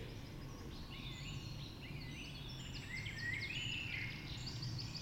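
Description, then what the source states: Dawn chorus of many birds, busy high chirps and trills overlapping throughout, with clearer whistled notes in the second half, above constant low background noise. Dawn chorus recorded just after dawn in the Forest of Dean.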